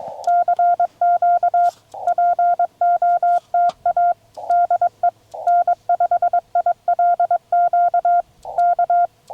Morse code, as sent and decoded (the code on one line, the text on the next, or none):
-.-. --.- / .--. --- - .- / -.. . / -. ..... .. .-.. --.- / -.-
CQ POTA DE N5ILQ K